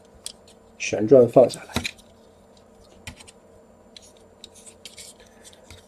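A rear plastic buckle on a transforming robot toy is unclipped during the toy's conversion, giving a sharp single click at 0.3 s. Someone talks briefly, and a few quieter handling clicks and taps follow. The buckle comes open.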